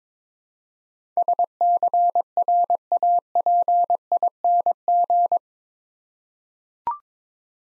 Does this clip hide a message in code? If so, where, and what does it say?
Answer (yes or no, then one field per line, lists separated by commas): yes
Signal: Morse code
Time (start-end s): 1.2-5.4 s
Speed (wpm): 22 wpm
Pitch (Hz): 700 Hz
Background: none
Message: SCRAPING